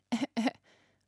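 Two short, voiced, throat-clearing cough bursts come in quick succession, followed by a faint breathy exhale. The cough is dry and non-productive, with nothing to cough up and nothing rattling; it is just sound. It is an adult's imitation of a dry cough rather than a genuine one.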